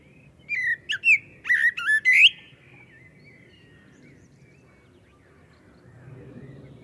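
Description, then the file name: Common blackbird song phrase: about six sharp, squeaky notes, several rising steeply, packed into two seconds, then quiet with a low background rumble. "Turdus merula"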